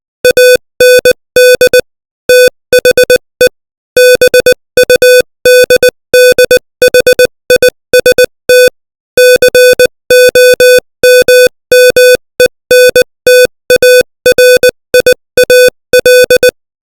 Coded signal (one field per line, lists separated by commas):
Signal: Morse code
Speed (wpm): 20 wpm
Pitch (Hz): 500 Hz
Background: music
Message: AND THE BUDDHIST COMMENTARIAL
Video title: Morse Code 20 WPM : Samadhi